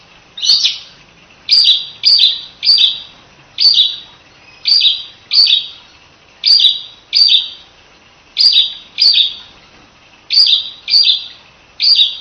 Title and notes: Suara Kicau Burung Prenjak Lengkap dan Ngerol